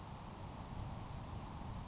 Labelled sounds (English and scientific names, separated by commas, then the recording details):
Grasshopper Sparrow (Ammodramus savannarum)
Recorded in Sonoma County, California